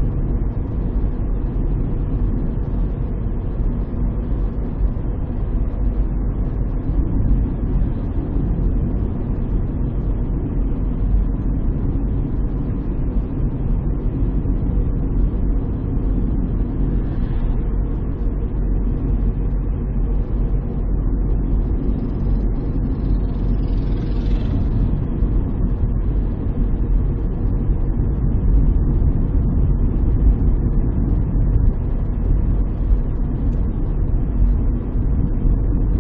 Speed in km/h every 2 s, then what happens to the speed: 52, 53, 53, 54, 53, 52, 52, 51, 50, 50, 51, 51, 51, 51, 52, 52, 52, 51.
0-36 steady at about 52.